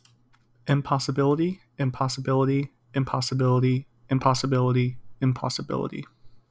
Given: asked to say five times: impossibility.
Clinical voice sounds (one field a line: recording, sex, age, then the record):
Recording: repeated word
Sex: male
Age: 20 to 29 years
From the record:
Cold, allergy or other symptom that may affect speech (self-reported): no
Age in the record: 28 years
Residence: Florida, United States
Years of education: 15